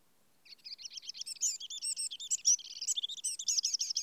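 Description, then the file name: Eurasian wren singing a fast, shrill, tumbling phrase of trills and twitters that runs into a quick series of repeated notes, heard against silence. "Troglodytes troglodytes"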